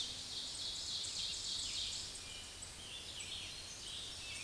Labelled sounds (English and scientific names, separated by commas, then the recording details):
Ovenbird (Seiurus aurocapilla) song
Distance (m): 40 m
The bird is about level with the microphone
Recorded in a Pennsylvania forest on 16 May 2024 at 06:30
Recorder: AudioMoth, point MSD-2391
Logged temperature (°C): 15.0 °C
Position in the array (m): 135 m, 5 m